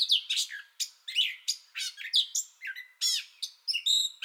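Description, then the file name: Gray catbird song: slurred downward squeaks and harsh chatters, phrases spaced by brief pauses. Song bout already in progress, 30 May 2021. "2021-05-30 Gray Catbird Song Bout Already Going"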